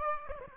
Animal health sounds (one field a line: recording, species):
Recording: mosquito wingbeat signal from an infrared sensor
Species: Aedes aegypti